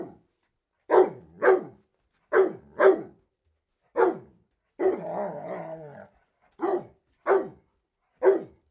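Dog giving sharp barks, some in pairs, with one longer, harsher drawn-out bark in the middle.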